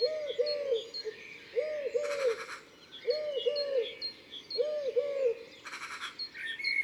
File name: Tourterelle turque ABC des chants doiseaux